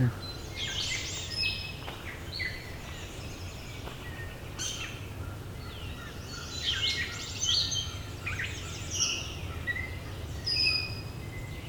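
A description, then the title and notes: Birdsong from an Indigo Bunting, Wood Thrush and American Redstart in the Dundas Valley forest. Bright chirps and short warbled phrases come every second or two, busiest around six to eight seconds and again near ten. A steady low rumble runs underneath throughout. Today I’m in the Dundas Valley, just below the Niagara Escarpment in Hamilton Ontario, one of the largest remaining Carolinian Forests in the region. Indigo Bunting, Wood Thrush, American Redstart.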